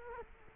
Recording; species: mosquito wingbeat signal from an infrared sensor; Culex quinquefasciatus